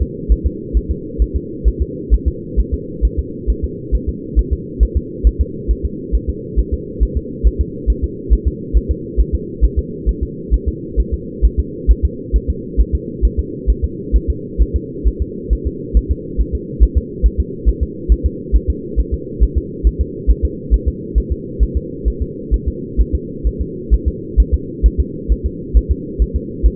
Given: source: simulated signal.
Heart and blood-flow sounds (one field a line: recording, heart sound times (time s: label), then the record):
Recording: fetal heart sounds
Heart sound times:
0.02 s: S2
0.32 s: S1
0.47 s: S2
0.77 s: S1
0.91 s: S2
1.22 s: S1
1.36 s: S2
1.68 s: S1
1.82 s: S2
2.14 s: S1
2.28 s: S2
2.59 s: S1
2.74 s: S2
3.05 s: S1
3.19 s: S2
3.50 s: S1
3.64 s: S2
3.95 s: S1
4.09 s: S2
4.39 s: S1
4.53 s: S2
4.83 s: S1
4.97 s: S2
5.27 s: S1
5.41 s: S2
5.71 s: S1
5.85 s: S2
6.15 s: S1
6.30 s: S2
6.59 s: S1
6.74 s: S2
7.03 s: S1
7.17 s: S2
7.47 s: S1
7.61 s: S2
7.90 s: S1
8.04 s: S2
8.33 s: S1
8.48 s: S2
8.77 s: S1
8.91 s: S2
9.20 s: S1
9.35 s: S2
9.64 s: S1
9.79 s: S2
10.09 s: S1
10.23 s: S2
10.54 s: S1
10.68 s: S2
11.00 s: S1
11.14 s: S2
11.45 s: S1
11.59 s: S2
11.91 s: S1
12.05 s: S2
12.36 s: S1
12.50 s: S2
12.80 s: S1
12.95 s: S2
13.25 s: S1
13.40 s: S2
13.70 s: S1
13.84 s: S2
14.16 s: S1
14.30 s: S2
14.62 s: S1
14.76 s: S2
15.08 s: S1
15.22 s: S2
15.53 s: S1
15.67 s: S2
15.97 s: S1
16.12 s: S2
16.41 s: S1
16.55 s: S2
16.83 s: S1
16.98 s: S2
17.26 s: S1
17.40 s: S2
17.69 s: S1
17.83 s: S2
18.12 s: S1
18.26 s: S2
18.56 s: S1
18.70 s: S2
19.00 s: S1
19.14 s: S2
19.43 s: S1
19.58 s: S2
19.87 s: S1
20.01 s: S2
20.30 s: S1
20.45 s: S2
20.74 s: S1
20.88 s: S2
21.18 s: S1
21.32 s: S2
21.63 s: S1
21.77 s: S2
22.08 s: S1
22.22 s: S2
22.54 s: S1
22.68 s: S2
23.01 s: S1
23.15 s: S2
23.47 s: S1
23.61 s: S2
23.94 s: S1
24.08 s: S2
24.40 s: S1
24.54 s: S2
24.86 s: S1
25.00 s: S2
25.32 s: S1
25.46 s: S2
25.77 s: S1
25.91 s: S2
26.22 s: S1
26.36 s: S2
26.66 s: S1
From the record:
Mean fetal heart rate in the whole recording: 135 bpm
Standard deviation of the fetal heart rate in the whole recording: 3 bpm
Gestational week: 34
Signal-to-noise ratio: -4.1 dB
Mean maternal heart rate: no maternal heart sound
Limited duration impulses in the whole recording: absent